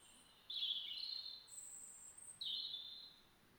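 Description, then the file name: European robin singing, a sustained high note, then a thinner, higher note, then another drawn-out phrase dropping back lower, with light hiss. "Erithacus rubecula"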